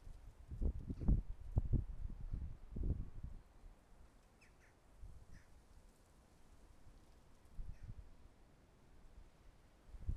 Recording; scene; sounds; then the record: everyday scene through a hearing-aid microphone; wind on the microphone; wind, traffic, birds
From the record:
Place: suburban garden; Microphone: behind the ear, left, rear